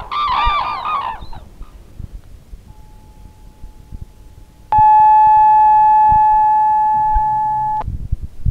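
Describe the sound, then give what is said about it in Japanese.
A radio noon time signal announced by the firm Noid Shoji: after a brief honking, bird-like burst, a faint steady tone gives way to one loud, sustained high beep lasting about three seconds, with no talking. “ノイド商事が正午をお知らせします。”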